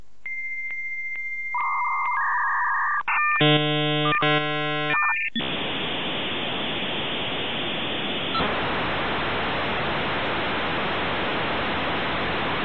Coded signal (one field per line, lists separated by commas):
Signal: dial-up modem handshake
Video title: Fax Machine Noise